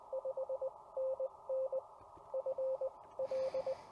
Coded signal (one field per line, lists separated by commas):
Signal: Morse code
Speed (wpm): 17 wpm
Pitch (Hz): 560 Hz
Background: radio noise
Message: 5NN FL